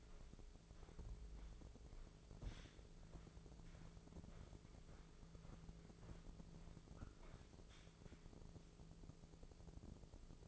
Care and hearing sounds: daily activity, microphone in the room; walk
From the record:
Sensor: 5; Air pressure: 1005.6 hPa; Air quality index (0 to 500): 85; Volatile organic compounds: 2 ppm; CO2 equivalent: 1032 ppm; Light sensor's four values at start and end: 33/76/30/28 and 33/76/30/28

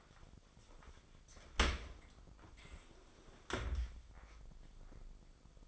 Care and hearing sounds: daily activity, microphone in the room; open dishwasher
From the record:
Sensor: 5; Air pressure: 995.8 hPa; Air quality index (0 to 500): 104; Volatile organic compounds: 7 ppm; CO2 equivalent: 2019 ppm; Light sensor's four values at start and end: 42/100/41/44 and 42/101/42/45

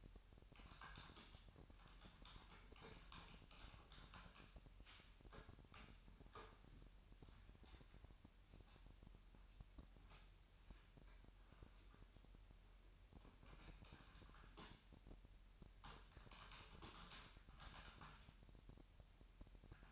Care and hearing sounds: daily activity, microphone in the room; typing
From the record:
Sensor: 2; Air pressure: 1001.9 hPa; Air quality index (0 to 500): 248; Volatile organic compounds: 39 ppm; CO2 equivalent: 3129 ppm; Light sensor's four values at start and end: 11/36/13/14 and 11/36/13/14

